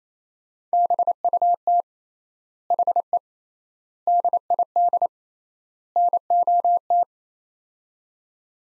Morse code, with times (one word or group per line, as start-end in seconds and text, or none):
0.7-1.8 BUT
2.7-3.2 HE
4.1-5.1 DID
6.0-7.0 NOT